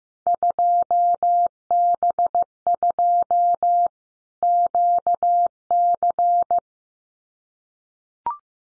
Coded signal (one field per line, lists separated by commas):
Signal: Morse code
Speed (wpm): 15 wpm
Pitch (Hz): 700 Hz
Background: none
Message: 2B2 QC